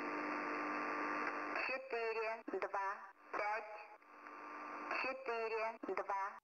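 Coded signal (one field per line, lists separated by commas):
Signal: numbers station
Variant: S06s, female voice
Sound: radio hiss and a faint steady tone, then short, evenly spaced, clipped spoken words, repeated twice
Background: radio static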